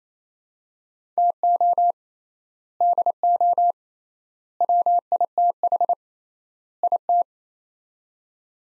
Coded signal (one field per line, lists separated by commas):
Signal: Morse code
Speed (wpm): 28 wpm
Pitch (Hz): 700 Hz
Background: none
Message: TO DO WITH IT